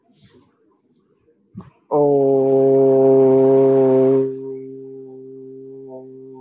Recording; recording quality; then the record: sustained vowel as in boot; excellent, no background noise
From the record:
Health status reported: healthy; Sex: male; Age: 22 years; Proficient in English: yes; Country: India